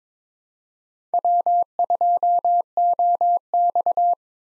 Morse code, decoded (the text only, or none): W2OX